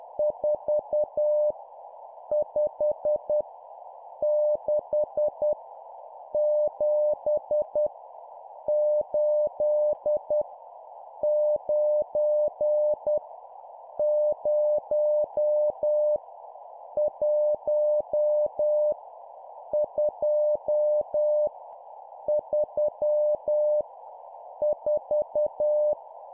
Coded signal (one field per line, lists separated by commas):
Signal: Morse code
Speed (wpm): 10 wpm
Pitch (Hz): 600 Hz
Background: none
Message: 4 5 6 7 8 9 0 1 2 3 4